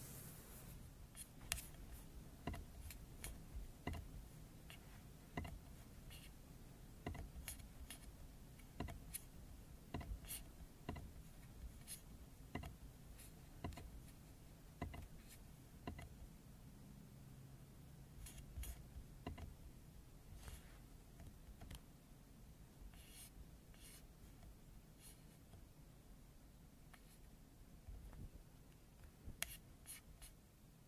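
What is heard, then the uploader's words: Scratching and tapping sounds, with dense, irregular sharp taps and scrapes over a low steady rumble, continuing throughout with bursts of clustered clicks. Scratching & Tapping ASMR.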